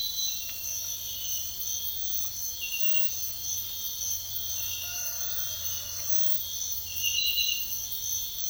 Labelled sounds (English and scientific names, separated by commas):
none